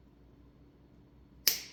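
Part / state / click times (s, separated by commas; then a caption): crimp band on A/C hose fitting, closed with a band crimping tool / seated / 1.5 s. A band crimping tool closes a metal crimp band around an A/C hose fitting on a custom-fit A/C line for a K5 Blazer, built from a Vintage Air E-z hose kit. After quiet low background hum, a single sharp metallic click lands at 1.5 s and rings briefly into the high frequencies. The band is seated.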